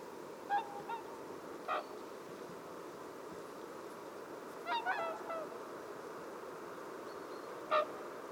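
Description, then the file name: Whooper swan calls: scattered, fainter bugling honks, a few grouped together, then a clearer single honk near the end, over a constant low rushing noise. Recorded at Gollwitz on 26 December 2014 at 09:29. "wswan. gollwitz"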